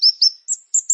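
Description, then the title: Plain prinia song: five sharp, high chirps in about one second, the first two lower and sliding, the later ones thinner and higher. "Ciblek Sawah"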